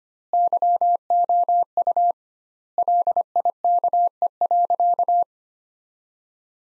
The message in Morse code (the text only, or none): YOU LIKE.